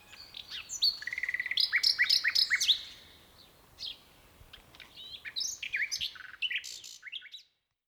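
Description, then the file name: Common nightingale song with quick repeated chirps forming a rhythmic trill, followed by a pause and a jumble of sharp varied notes before falling silent. "Luscinia megarhynchos"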